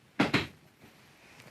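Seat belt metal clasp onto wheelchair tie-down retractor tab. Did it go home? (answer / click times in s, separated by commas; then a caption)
yes / 0.2 s. The metal clasp at the bottom of the buckle end of a wheelchair seat belt is attached to the tab of the second floor tie-down retractor in a Diamond VIP 2500 ADA-compliant wheelchair-accessible bus with a side lift. A sharp metallic click at 0.2 s is followed by a second clack at 0.3 s and a faint tick at 1.4 s. The clasp clicks into place and seats, completing the three-point harness for the wheelchair rider.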